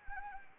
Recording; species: mosquito wingbeat signal from an infrared sensor; Anopheles arabiensis